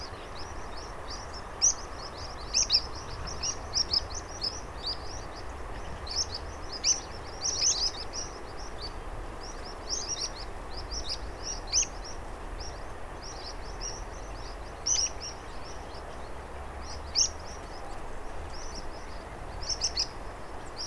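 Pipits gather at a marsh roost at dusk, giving short high chirps in repeated bursts over a steady low rushing background.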